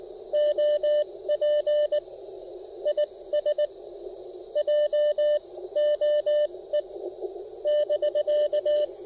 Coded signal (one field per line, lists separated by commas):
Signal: Morse code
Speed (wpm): 18 wpm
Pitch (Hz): 600 Hz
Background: radio noise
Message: OP IS JOE <BK>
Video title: POTA Field Report: Dodging QRM and working QRP DX at Lake James State Park!